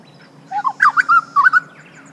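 Grey butcherbird phrase of rich, fluting whistled notes, rising and falling in a short run of about seven clear syllables.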